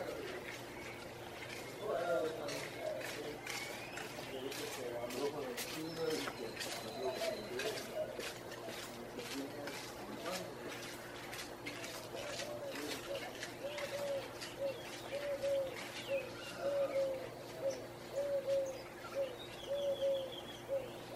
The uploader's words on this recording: Sounds from the Narrowest Main Street in the World. Early morning on the balcony overlooking what’s recognized to be the narrowest main street in the world – the Placencia Sidewalk in Belize.